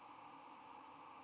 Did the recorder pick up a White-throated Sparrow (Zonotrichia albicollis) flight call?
no